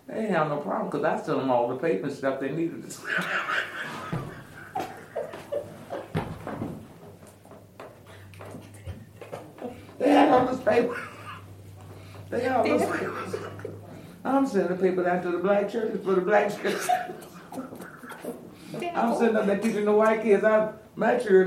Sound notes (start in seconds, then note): 2.9 laughter; 12.6 laughter